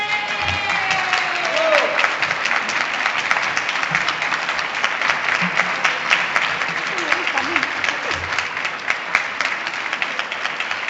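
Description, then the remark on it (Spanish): A theater audience applauds steadily as the actors bow and the curtain closes, dense rapid clapping filling the whole stretch at an even, fairly loud level, with faint voices and a brief whistle-like tone rising through the crowd. “Agachando la lomera para recibir los aplausos, cierra el telón ahora de nuevo.”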